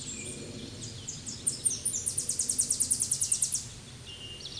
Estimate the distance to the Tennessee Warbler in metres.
about 20 m